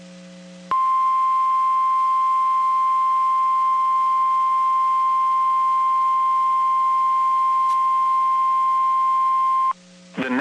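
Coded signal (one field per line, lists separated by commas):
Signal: Emergency Alert System (SAME) tones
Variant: 1050 Hz attention tone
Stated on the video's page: Two severe thunderstorm warnings from NOAA Weather Radio transmitter at Waco, Texas.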